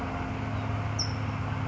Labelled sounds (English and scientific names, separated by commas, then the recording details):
California Towhee (Melozone crissalis)
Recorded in Sonoma County, California